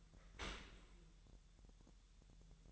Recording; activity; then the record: daily activity, microphone in the room; open dishwasher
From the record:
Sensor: 3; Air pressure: 1000.6 hPa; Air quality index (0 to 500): 248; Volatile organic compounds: 172 ppm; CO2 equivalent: 4113 ppm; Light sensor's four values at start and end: 11/26/11/10 and 11/26/11/10